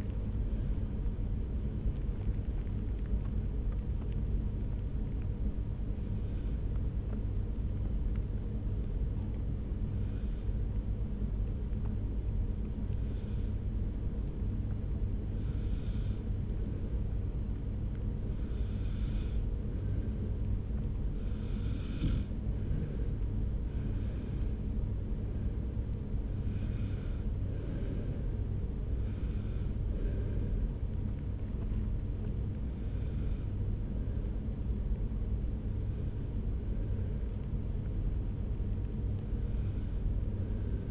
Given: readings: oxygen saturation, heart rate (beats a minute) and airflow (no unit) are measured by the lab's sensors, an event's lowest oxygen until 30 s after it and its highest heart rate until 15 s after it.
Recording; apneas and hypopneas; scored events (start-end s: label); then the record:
breathing in sleep by a smartphone at the bedside; 1
5.00-22.40 s: hypopnea (N1, oxygen 97% highest, then 93% lowest)
30.00-40.91 s: new sleep stage, N2 (light sleep)
From the record:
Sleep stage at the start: N1 (lightest sleep); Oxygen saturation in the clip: 93 to 97%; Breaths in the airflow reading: 11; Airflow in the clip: -1.8 to 3.3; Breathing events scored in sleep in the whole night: 335 in 6.7 hours asleep